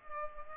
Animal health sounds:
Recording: mosquito wingbeat signal from an infrared sensor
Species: Culex pipiens

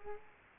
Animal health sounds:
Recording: mosquito wingbeat signal from an infrared sensor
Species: Culex quinquefasciatus

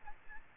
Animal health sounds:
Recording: mosquito wingbeat signal from an infrared sensor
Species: Aedes albopictus

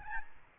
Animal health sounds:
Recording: mosquito wingbeat signal from an infrared sensor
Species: Aedes albopictus

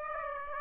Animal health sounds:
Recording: mosquito wingbeat signal from an infrared sensor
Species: Aedes aegypti

